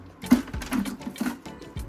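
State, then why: Not seated. A plastic body part is pushed into a large dinosaur toy figure and turned to a new orientation, but it will not go in. Several short plastic knocks and scrapes are heard, and nothing has seated or clicked yet.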